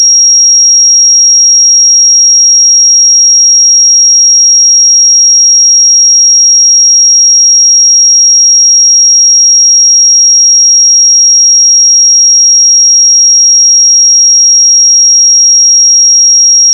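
A pure sine tone at 5616 Hz holds perfectly steady for the whole seventeen seconds, a single thin, piercing high pitch. Its loudness never wavers, and there is no other sound behind it, only silence.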